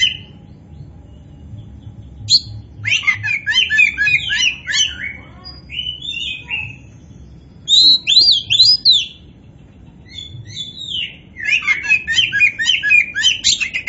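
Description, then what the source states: Oriental magpie-robin song: rich, varied whistled and chattering phrases in bursts, with sweeping notes and buzzy trills separated by short pauses. Kacer poci, a form of Oriental magpie-robin, described as gacor, meaning singing vigorously and often.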